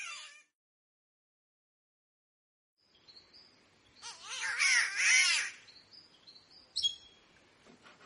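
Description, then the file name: Green catbird: after a pause, a rough, moaning cat-like wail in two pulses, with thin whistles around it and a crisp high chip afterwards. "canto do passaro gato verde"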